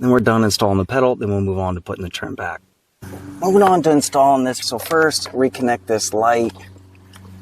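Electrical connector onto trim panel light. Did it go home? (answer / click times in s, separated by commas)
no / none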